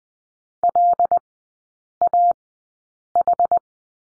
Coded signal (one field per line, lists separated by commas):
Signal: Morse code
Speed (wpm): 20 wpm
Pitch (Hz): 700 Hz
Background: none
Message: LAH